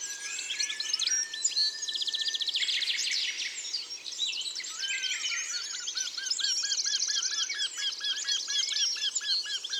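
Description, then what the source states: Eurasian wryneck calls, a steady series of ringing, evenly repeated notes running through the second half, over a dense chorus of other high chirping and trilling songbirds. Isère, France.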